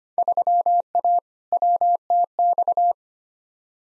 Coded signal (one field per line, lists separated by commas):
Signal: Morse code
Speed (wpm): 25 wpm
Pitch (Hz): 700 Hz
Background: none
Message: 3A WTX